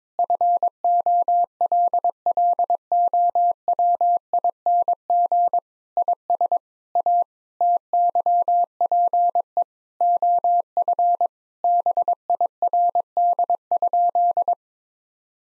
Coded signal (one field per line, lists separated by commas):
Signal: Morse code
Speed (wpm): 22 wpm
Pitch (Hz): 700 Hz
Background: none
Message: FOLLOWING IS A TYPE OF BIRD?